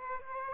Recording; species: mosquito wingbeat signal from an infrared sensor; Aedes aegypti